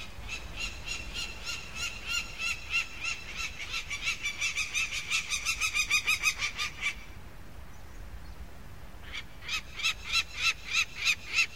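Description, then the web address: Peregrine falcon giving fast, harsh repeated cackling notes for about seven seconds, a pause, then another rapid burst of the same grating calls. "bird-calls falcon peregrine"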